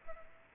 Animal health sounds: mosquito wingbeat signal from an infrared sensor; Aedes aegypti

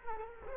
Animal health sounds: mosquito wingbeat signal from an infrared sensor; Culex quinquefasciatus

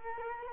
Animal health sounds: mosquito wingbeat signal from an infrared sensor; Culex quinquefasciatus

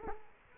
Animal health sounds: mosquito wingbeat signal from an infrared sensor; Culex quinquefasciatus

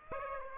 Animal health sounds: mosquito wingbeat signal from an infrared sensor; Aedes aegypti

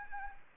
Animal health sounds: mosquito wingbeat signal from an infrared sensor; Anopheles gambiae

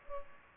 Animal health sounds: mosquito wingbeat signal from an infrared sensor; Culex pipiens

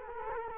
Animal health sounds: mosquito wingbeat signal from an infrared sensor; Culex quinquefasciatus

